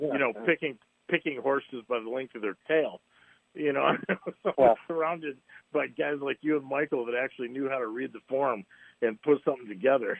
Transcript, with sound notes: of, you know, picking, picking horses by the length of their tail, you know. (laughs) I was surrounded by guys like you and Michael that actually knew how to read the form and put something together.